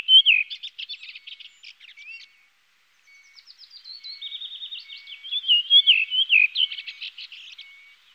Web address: songs Redwing